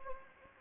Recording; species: mosquito wingbeat signal from an infrared sensor; Anopheles gambiae